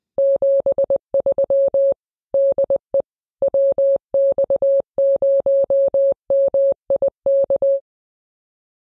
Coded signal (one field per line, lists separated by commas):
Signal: Morse code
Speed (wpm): 20 wpm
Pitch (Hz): 550 Hz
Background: none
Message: 73 DE WX0MIK